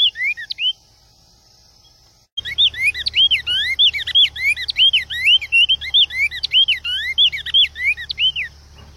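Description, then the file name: Cinnamon Tanager song: a few whistled notes, a brief silence, then a rapid run of clear whistled notes, many sliding up then down. "Canto do bico de veludo"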